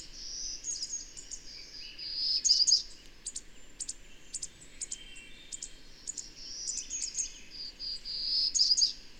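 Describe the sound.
Birdsong, quick high chirps in uneven runs broken by two loud bright trills, one early and one near the close.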